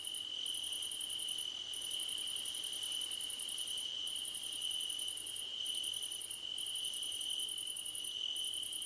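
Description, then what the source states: High cricket chirps in quick pulsed runs, pausing briefly between runs, above a continuous steady whine. Crickets calling at night under a starlit sky.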